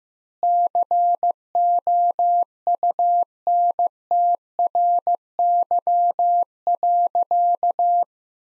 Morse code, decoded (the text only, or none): COUNTRY.